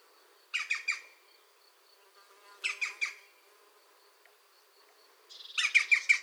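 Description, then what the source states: European green woodpecker calls, harsh clipped notes grouped in threes, repeated twice and then followed by a louder, higher burst. A pair active at the nest.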